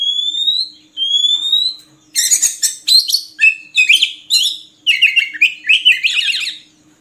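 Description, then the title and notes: Oriental magpie-robin song opening with two long rising whistles, then a rapid series of varied chattering phrases and trills. Long-duration magpie-robin filler (isian) song, played to train birds to sing actively (gacor) day and night. "Kacer Jadi Gacor Siang Malam. Isian Kacer Durasi Panjang"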